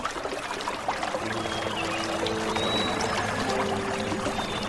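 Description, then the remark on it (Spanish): A gentle stream of water flows and trickles steadily, a soft continuous wash with faint high chirps threading through and a low hum running underneath. “Llegamos hasta un suave arroyo.”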